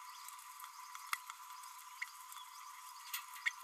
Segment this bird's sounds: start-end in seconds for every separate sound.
3.46-3.51